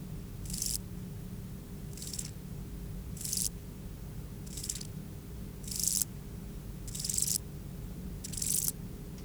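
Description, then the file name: Grasshopper song: short hissing, rasping bursts of about half a second, repeated roughly every 1.3 seconds, seven in all, over a steady low hum. "Euchorthippus pulvinatus"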